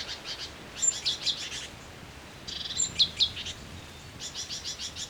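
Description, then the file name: Great tit calls: three bursts of harsh, buzzy chattering notes with a few thin high notes, over a steady faint background hiss. "Parus major"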